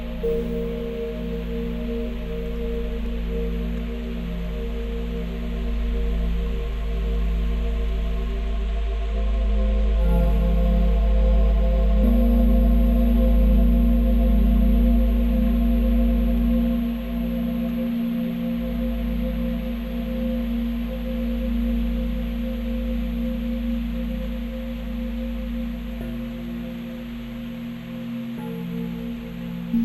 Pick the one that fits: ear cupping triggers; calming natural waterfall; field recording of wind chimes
field recording of wind chimes